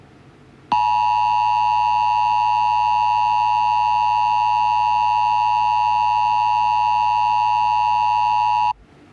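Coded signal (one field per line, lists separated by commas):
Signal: Emergency Alert System (SAME) tones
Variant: 853 and 960 Hz attention tone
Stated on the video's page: Simulated mock scenario alert about hostile aliens.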